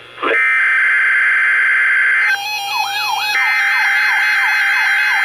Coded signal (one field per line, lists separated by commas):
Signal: Emergency Alert System (SAME) tones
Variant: header bursts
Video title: Required Weekly Test - 04/11/18 (EAS #1,557)